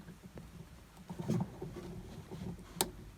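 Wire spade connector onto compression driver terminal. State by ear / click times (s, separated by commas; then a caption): seated / 2.8 s. A crimped spade connector on a speaker wire is pushed onto the metal terminal of an Alto TS315 PA compression driver, with soft low rustling and fumbling before a sharp, bright click at 2.8 s. The connector is seated and can no longer simply be pulled off.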